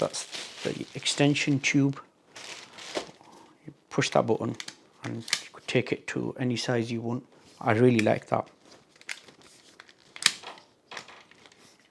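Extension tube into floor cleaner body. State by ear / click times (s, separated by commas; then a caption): seated / 10.3 s. Someone talks while the extension tube of a Beldray Spin Max cordless hard floor cleaner is adjusted with its button and pushed together into the cleaner body. A sharp plastic snap is heard at 10.3 s as the tube locks into place.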